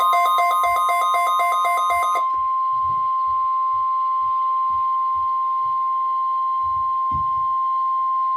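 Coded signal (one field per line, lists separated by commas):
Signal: Emergency Alert System (SAME) tones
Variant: 1050 Hz attention tone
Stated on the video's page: Michigan tornado drill with live voice, recorded from weather radio transmitter KJY62.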